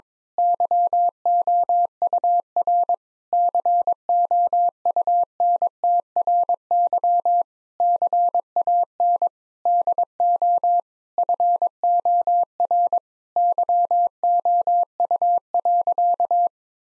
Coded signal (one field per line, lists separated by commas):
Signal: Morse code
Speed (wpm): 22 wpm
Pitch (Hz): 700 Hz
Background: none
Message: YOUR COUNTRY CAN DO FOR YOU.